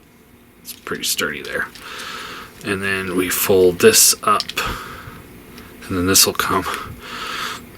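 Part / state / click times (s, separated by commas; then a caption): robot toy arm part into its joint / not seated / none. Someone talks while handling a plastic arm part of a Transformers Legacy Motormaster robot toy, folding and rotating it up toward its joint, with soft plastic handling sounds between the speech. Nothing has seated or clicked yet.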